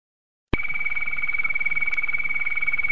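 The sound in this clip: Domestic canary song: after half a second of silence, a steady, fast buzzy trill holds one pitch for the rest, pulsing rapidly.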